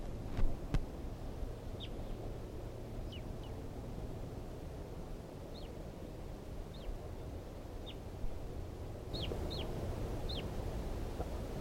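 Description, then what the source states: Red crossbill calls, short high downslurred notes given singly at irregular intervals, a few in quick pairs, over a steady low rumble. Wild type 2 crossbill, at least one, at 5:21, with decoys also calling.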